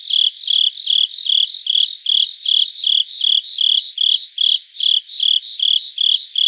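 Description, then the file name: Japanese burrowing cricket singing repeated clear chirps at a regular rhythm, roughly two and a half per second. Recorded 26 September 2018. "Velarifictorus micado"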